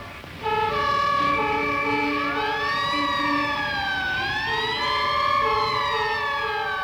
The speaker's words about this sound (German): Sirenen!